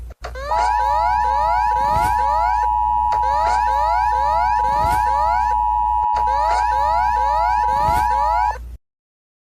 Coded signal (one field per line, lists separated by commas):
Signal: Emergency Alert System (SAME) tones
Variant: 853 and 960 Hz attention tone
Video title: GALAPAGOS ISLANDS EAS ALARM 🇪🇨